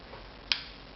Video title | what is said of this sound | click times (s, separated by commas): mAhmba v2 by tinear DEMO pt3of4.avi | Snaps into place. | 0.5 s